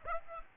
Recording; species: mosquito wingbeat signal from an infrared sensor; Aedes aegypti